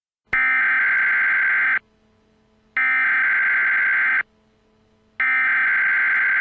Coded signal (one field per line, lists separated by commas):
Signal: Emergency Alert System (SAME) tones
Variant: header bursts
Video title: EAS scenario: Shadow Demons 2 The Possession